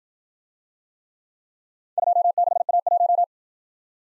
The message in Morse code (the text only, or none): 26A1